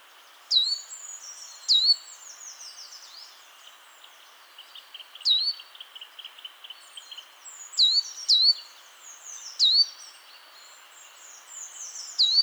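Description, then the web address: Great tit gives repeated down-swept whistled call notes, several across the stretch, while other small birds twitter and trill softly in the background. "SETE data Parus major"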